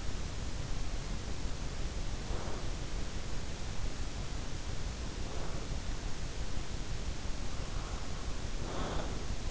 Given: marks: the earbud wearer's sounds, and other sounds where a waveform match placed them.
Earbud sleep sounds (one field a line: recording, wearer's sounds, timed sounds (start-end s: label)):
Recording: sounds in sleep by an in-ear microphone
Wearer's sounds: breath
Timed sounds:
2.04-2.73 s: breath
5.16-5.80 s: breath
8.13-9.51 s: breath